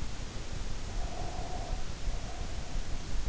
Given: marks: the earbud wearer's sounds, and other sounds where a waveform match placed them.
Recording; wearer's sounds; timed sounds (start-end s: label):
sounds in sleep by an in-ear microphone; breath
0.81-3.15 s: breath